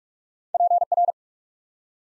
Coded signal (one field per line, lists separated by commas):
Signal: Morse code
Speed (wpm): 44 wpm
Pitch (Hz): 700 Hz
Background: none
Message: PR